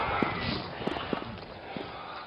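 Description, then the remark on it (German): Several soft footsteps of a person walking, about four uneven thuds spaced roughly half a second apart, over a steady wash of hiss-like background noise with no talking. “Das ist mein eigener Sound, den ich produziert habe mit meinen Schritten.”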